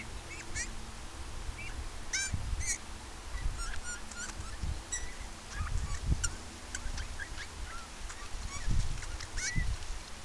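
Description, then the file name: Eurasian bullfinch calls: short whistled notes near the same pitch, scattered throughout, over bursts of low rumbling noise. "Pyrrhula pyrrhula"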